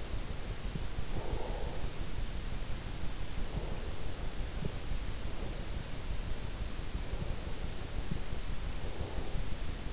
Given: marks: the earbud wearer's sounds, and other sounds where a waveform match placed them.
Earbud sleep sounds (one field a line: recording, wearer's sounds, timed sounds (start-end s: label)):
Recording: sounds in sleep by an in-ear microphone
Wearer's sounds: breath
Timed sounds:
0.00-2.80 s: breath